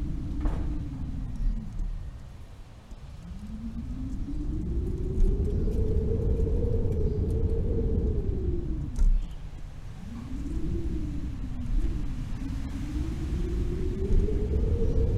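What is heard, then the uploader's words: Howling wind roars in a deep, dense rush, its moaning pitch rising and falling in slow swells. It dips to a lull near three seconds and again around nine to ten seconds before surging back. A faint hiss rides above the low rumble throughout. The Power and Beauty of Howling Winds. This audio track captures the intense and beautiful sound of winds as they sweep across open fields, mountains, and forests.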